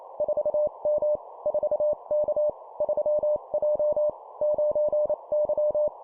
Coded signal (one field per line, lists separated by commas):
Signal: Morse code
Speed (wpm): 28 wpm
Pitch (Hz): 600 Hz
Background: none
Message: 4M 4K 3J 9Y